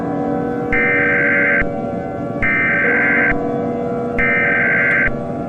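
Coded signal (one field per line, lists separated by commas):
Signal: Emergency Alert System (SAME) tones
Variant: header bursts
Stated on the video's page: Fictional EAS scenario about a Caillou-created virus pandemic, including an EAN alert; simulated.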